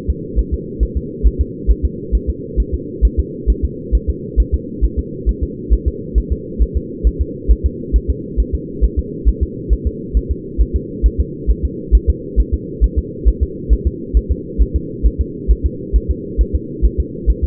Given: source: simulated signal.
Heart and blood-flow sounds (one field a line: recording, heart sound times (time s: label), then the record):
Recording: fetal heart sounds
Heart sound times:
0.10 s: S2
0.39 s: S1
0.54 s: S2
0.83 s: S1
0.97 s: S2
1.27 s: S1
1.41 s: S2
1.71 s: S1
1.85 s: S2
2.15 s: S1
2.30 s: S2
2.60 s: S1
2.74 s: S2
3.05 s: S1
3.19 s: S2
3.50 s: S1
3.65 s: S2
3.95 s: S1
4.09 s: S2
4.40 s: S1
4.54 s: S2
4.84 s: S1
4.99 s: S2
5.29 s: S1
5.43 s: S2
5.73 s: S1
5.88 s: S2
6.18 s: S1
6.32 s: S2
6.62 s: S1
6.77 s: S2
7.07 s: S1
7.21 s: S2
7.51 s: S1
7.66 s: S2
7.96 s: S1
8.10 s: S2
8.40 s: S1
8.55 s: S2
8.84 s: S1
8.99 s: S2
9.29 s: S1
9.43 s: S2
9.73 s: S1
9.87 s: S2
10.17 s: S1
10.31 s: S2
10.61 s: S1
10.76 s: S2
11.06 s: S1
11.20 s: S2
11.51 s: S1
11.65 s: S2
11.95 s: S1
12.10 s: S2
12.40 s: S1
12.54 s: S2
12.84 s: S1
12.99 s: S2
13.28 s: S1
13.43 s: S2
13.73 s: S1
13.87 s: S2
14.17 s: S1
14.31 s: S2
14.62 s: S1
14.76 s: S2
15.06 s: S1
15.21 s: S2
15.51 s: S1
15.66 s: S2
15.96 s: S1
16.11 s: S2
16.41 s: S1
16.55 s: S2
16.85 s: S1
17.00 s: S2
17.30 s: S1
17.44 s: S2
From the record:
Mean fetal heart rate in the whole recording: 135 bpm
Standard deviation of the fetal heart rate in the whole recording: 3 bpm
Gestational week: 34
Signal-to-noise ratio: -4.1 dB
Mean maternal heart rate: no maternal heart sound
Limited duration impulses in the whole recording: absent